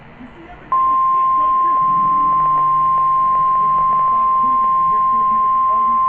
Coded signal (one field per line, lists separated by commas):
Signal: Emergency Alert System (SAME) tones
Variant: 1050 Hz attention tone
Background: speech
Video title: EAS Alerts